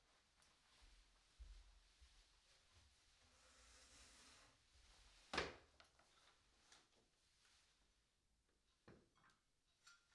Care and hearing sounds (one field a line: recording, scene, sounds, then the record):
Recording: everyday scene through a hearing-aid microphone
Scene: quiet indoors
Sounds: quiet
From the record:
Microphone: in the ear canal, right